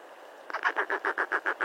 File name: Canto do cochicho